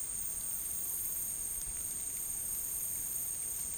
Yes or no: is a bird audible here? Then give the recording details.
no. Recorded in dense forest near Puerto Asís, Putumayo, Colombia, on 22 June 2025 at 14:00. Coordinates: 0.503, -76.323. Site G059